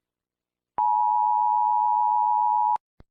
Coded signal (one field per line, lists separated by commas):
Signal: Emergency Alert System (SAME) tones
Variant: 853 and 960 Hz attention tone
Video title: EAS Scenario: the "Mewgenics disease" | wishlits #mewgenics